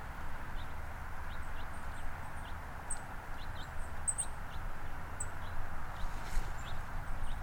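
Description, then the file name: Golden-crowned kinglet uttering thin, very high call notes in loose series, one louder pair near four seconds, with softer chips and a constant low background hum. "Golden crowned Kinglet Regulus satrapa"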